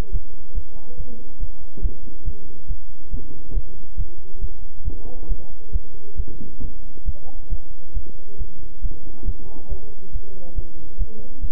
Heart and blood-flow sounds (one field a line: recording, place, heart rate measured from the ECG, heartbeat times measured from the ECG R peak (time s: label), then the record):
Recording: heart sounds by stethoscope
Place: between the tricuspid and mitral areas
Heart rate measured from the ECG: 138 bpm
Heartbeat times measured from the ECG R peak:
0.11 s: heartbeat
0.53 s: heartbeat
0.96 s: heartbeat
1.38 s: heartbeat
1.81 s: heartbeat
2.24 s: heartbeat
2.67 s: heartbeat
3.10 s: heartbeat
3.53 s: heartbeat
3.96 s: heartbeat
4.39 s: heartbeat
4.83 s: heartbeat
5.27 s: heartbeat
5.71 s: heartbeat
6.15 s: heartbeat
6.60 s: heartbeat
7.04 s: heartbeat
7.48 s: heartbeat
7.93 s: heartbeat
8.37 s: heartbeat
8.80 s: heartbeat
9.24 s: heartbeat
9.68 s: heartbeat
10.11 s: heartbeat
10.54 s: heartbeat
10.97 s: heartbeat
11.40 s: heartbeat
From the record:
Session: bicycle stress test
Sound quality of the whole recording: good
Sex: male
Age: 26 years